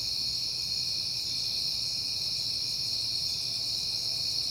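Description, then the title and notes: Crickets trill steadily at a high pitch, an unbroken sound with a faint low drone beneath. Crickets recorded at night in September, on a peaceful night. "Night Time: Crickets and Passing Cars. It is September and I have been hearing the crickets a lot"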